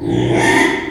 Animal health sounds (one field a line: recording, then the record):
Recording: squeal of a Yucatan mini pig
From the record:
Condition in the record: after surgery on the right vocal fold (resection and tissue-engineered implant)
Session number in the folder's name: 3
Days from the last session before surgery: 33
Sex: male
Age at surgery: 12 weeks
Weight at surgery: 13 kg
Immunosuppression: cyclosporine, prednisolone